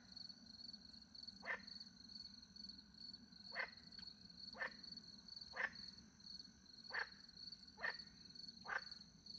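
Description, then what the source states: Frog croaking: about seven short, rough clacks at uneven intervals, over a steady high pulsing cricket chorus. Frogs with crickets in the countryside by night, France; microphones hidden in a tree close to a little pond; recorded with two Usi Pro mics into a MixPre-10 II.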